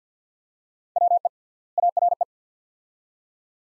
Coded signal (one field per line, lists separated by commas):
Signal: Morse code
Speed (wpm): 50 wpm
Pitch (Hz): 700 Hz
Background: none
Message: WE ARE